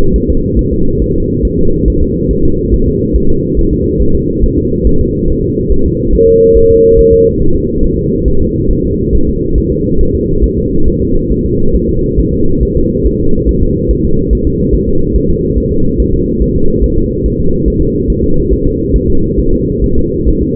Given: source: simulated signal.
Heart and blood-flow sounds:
fetal heart sounds
0.16 s: S1
0.30 s: S2
0.59 s: S1
0.73 s: S2
1.02 s: S1
1.16 s: S2
1.45 s: S1
1.59 s: S2
1.88 s: S1
2.02 s: S2
2.31 s: S1
2.45 s: S2
2.74 s: S1
2.88 s: S2
3.16 s: S1
3.30 s: S2
3.59 s: S1
3.73 s: S2
4.02 s: S1
4.16 s: S2
4.44 s: S1
4.58 s: S2
4.87 s: S1
5.01 s: S2
5.30 s: S1
5.44 s: S2
5.72 s: S1
5.86 s: S2
6.15 s: S1
6.29 s: S2
6.57 s: S1
6.71 s: S2
6.99 s: S1
7.13 s: S2
7.42 s: S1
7.56 s: S2
7.84 s: S1
7.99 s: S2
8.28 s: S1
8.42 s: S2
8.71 s: S1
8.85 s: S2
9.15 s: S1
9.29 s: S2
9.58 s: S1
9.72 s: S2
10.01 s: S1
10.15 s: S2
10.44 s: S1
10.58 s: S2
10.88 s: S1
11.02 s: S2
11.31 s: S1
11.46 s: S2
11.75 s: S1
11.90 s: S2
12.20 s: S1
12.34 s: S2
12.63 s: S1
12.77 s: S2
13.06 s: S1
13.21 s: S2
13.49 s: S1
13.63 s: S2
13.91 s: S1
14.05 s: S2
14.33 s: S1
14.47 s: S2
14.75 s: S1
14.89 s: S2
15.16 s: S1
15.30 s: S2
15.58 s: S1
15.72 s: S2
16.00 s: S1
16.14 s: S2
16.42 s: S1
16.56 s: S2
16.84 s: S1
16.98 s: S2
17.26 s: S1
17.40 s: S2
17.68 s: S1
17.82 s: S2
18.10 s: S1
18.24 s: S2
18.53 s: S1
18.67 s: S2
18.96 s: S1
19.10 s: S2
19.40 s: S1
19.53 s: S2
19.84 s: S1
19.98 s: S2
20.29 s: S1
20.43 s: S2
From the record:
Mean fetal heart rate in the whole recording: 140 bpm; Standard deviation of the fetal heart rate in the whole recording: 2 bpm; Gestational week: 34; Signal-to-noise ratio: -17.7 dB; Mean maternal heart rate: 72 bpm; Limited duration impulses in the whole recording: present

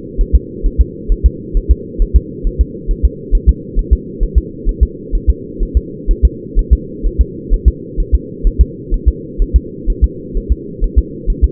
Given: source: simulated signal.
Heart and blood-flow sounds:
fetal heart sounds
0.21 s: S1
0.35 s: S2
0.66 s: S1
0.81 s: S2
1.12 s: S1
1.26 s: S2
1.57 s: S1
1.71 s: S2
2.02 s: S1
2.16 s: S2
2.47 s: S1
2.61 s: S2
2.91 s: S1
3.05 s: S2
3.35 s: S1
3.49 s: S2
3.79 s: S1
3.93 s: S2
4.23 s: S1
4.38 s: S2
4.69 s: S1
4.83 s: S2
5.15 s: S1
5.30 s: S2
5.63 s: S1
5.77 s: S2
6.11 s: S1
6.25 s: S2
6.59 s: S1
6.73 s: S2
7.06 s: S1
7.21 s: S2
7.53 s: S1
7.68 s: S2
8.00 s: S1
8.14 s: S2
8.47 s: S1
8.61 s: S2
8.94 s: S1
9.08 s: S2
9.42 s: S1
9.56 s: S2
9.90 s: S1
10.04 s: S2
10.37 s: S1
10.52 s: S2
10.84 s: S1
10.99 s: S2
11.30 s: S1
11.44 s: S2
From the record:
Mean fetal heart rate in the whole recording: 130 bpm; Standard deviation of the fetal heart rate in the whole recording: 4 bpm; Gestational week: 38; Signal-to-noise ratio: -4.1 dB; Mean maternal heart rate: no maternal heart sound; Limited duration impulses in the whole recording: absent

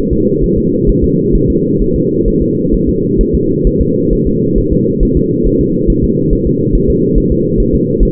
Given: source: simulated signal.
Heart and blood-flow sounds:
fetal heart sounds
0.13 s: S2
0.44 s: S1
0.58 s: S2
0.89 s: S1
1.04 s: S2
1.35 s: S1
1.50 s: S2
1.82 s: S1
1.96 s: S2
2.28 s: S1
2.42 s: S2
2.74 s: S1
2.89 s: S2
3.21 s: S1
3.35 s: S2
3.67 s: S1
3.81 s: S2
4.13 s: S1
4.27 s: S2
4.58 s: S1
4.73 s: S2
5.03 s: S1
5.17 s: S2
5.47 s: S1
5.61 s: S2
5.90 s: S1
6.04 s: S2
6.33 s: S1
6.47 s: S2
6.75 s: S1
6.90 s: S2
7.18 s: S1
7.32 s: S2
7.60 s: S1
7.75 s: S2
8.03 s: S1
From the record:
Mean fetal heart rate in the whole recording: 135 bpm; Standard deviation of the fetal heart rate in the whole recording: 3 bpm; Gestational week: 36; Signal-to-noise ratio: -11.2 dB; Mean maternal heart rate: 72 bpm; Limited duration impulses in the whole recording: present

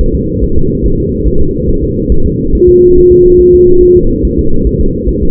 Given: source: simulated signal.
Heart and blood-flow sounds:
fetal heart sounds
0.01 s: S1
0.15 s: S2
0.44 s: S1
0.58 s: S2
0.86 s: S1
1.00 s: S2
1.27 s: S1
1.41 s: S2
1.70 s: S1
1.84 s: S2
2.12 s: S1
2.26 s: S2
2.55 s: S1
2.69 s: S2
2.98 s: S1
3.12 s: S2
3.41 s: S1
3.55 s: S2
3.83 s: S1
3.97 s: S2
4.25 s: S1
4.39 s: S2
4.67 s: S1
4.81 s: S2
5.09 s: S1
5.23 s: S2
From the record:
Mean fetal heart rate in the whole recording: 140 bpm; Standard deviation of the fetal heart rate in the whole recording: 2 bpm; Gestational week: 34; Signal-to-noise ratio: -19.1 dB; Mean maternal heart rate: 72 bpm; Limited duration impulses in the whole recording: present

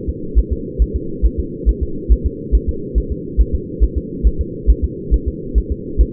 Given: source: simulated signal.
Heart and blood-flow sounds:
fetal heart sounds
0.09 s: S2
0.38 s: S1
0.52 s: S2
0.82 s: S1
0.96 s: S2
1.26 s: S1
1.40 s: S2
1.69 s: S1
1.83 s: S2
2.12 s: S1
2.26 s: S2
2.55 s: S1
2.69 s: S2
2.98 s: S1
3.12 s: S2
3.41 s: S1
3.55 s: S2
3.83 s: S1
3.97 s: S2
4.27 s: S1
4.41 s: S2
4.70 s: S1
4.84 s: S2
5.14 s: S1
5.28 s: S2
5.58 s: S1
5.72 s: S2
6.01 s: S1
From the record:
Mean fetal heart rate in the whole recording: 140 bpm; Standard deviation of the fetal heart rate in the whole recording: 2 bpm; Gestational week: 34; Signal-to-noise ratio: -4.3 dB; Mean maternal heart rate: 72 bpm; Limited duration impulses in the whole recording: absent

